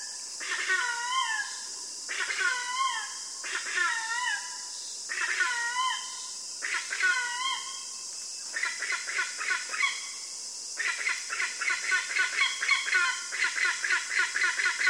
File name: feketesisakos szarvascsoru hanjja